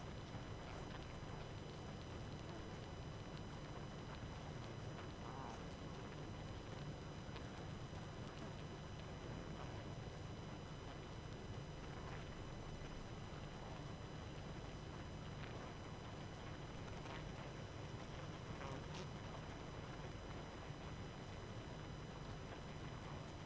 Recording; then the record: honeybee colony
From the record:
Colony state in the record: active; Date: 12 June 2018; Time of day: 23:31